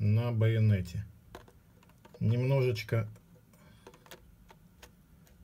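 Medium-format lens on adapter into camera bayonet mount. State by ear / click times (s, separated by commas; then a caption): not seated / none. A medium-format lens on an adapter is pressed into a camera's bayonet mount and lined up before being turned to lock, while someone talks. Small contact ticks are heard between the stretches of talk, from about 1.4 to 2.1 s and again from about 3.9 to 4.8 s. The lens has not latched and nothing has clicked yet.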